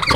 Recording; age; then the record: pig call; piglet (1 to 25 days)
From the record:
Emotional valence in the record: positive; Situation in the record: reunion after long isolation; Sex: male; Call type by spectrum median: low-frequency call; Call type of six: low-frequency tonal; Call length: 0.16 s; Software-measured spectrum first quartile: 733 Hz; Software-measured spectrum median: 1595 Hz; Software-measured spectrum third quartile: 3148 Hz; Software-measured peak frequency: 1135 Hz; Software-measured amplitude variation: 212 dB a second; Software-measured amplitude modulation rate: 9.6 a second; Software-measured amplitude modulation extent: 22.1 dB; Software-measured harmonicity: 5.0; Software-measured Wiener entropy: -2.10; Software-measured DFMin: 650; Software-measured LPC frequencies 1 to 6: 1185, 2151, 3371, 4040, 4627, 5894 Hz